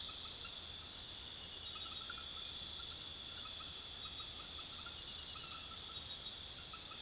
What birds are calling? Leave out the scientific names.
none